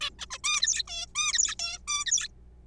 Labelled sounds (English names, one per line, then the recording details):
Zebra Finch
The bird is a juvenile
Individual R3428